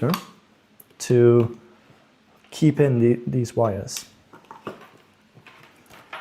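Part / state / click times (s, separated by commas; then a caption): cable plug into a LEGO controller port / not seated / none. Third-party plastic cable plugs are pushed into the LEGO motor/sensor ports of a controller, with their retaining clip filed off so they would fit. Someone talks, then short handling sounds occur at about 4.5, 4.7, 5.5 and 6.1 seconds. No plug has clicked or latched into place; they sit in loosely without locking.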